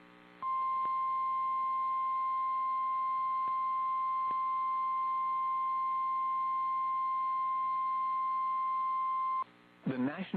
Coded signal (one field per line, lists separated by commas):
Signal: Emergency Alert System (SAME) tones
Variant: 1050 Hz attention tone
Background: speech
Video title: Right Back To It | EAS Alerts from July 3rd, 2023 (EAS #2857-2864)